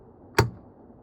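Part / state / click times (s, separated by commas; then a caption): folding counter extension panel latching onto its mounting bracket / seated / 0.4 s. A folding STO 9.5-inch control panel counter extension is lowered on the vehicle control-panel mount, and a single sharp click sounds at 0.4 s as the panel latches onto its mounting bracket. The panel locks down into place so it won't rattle while driving.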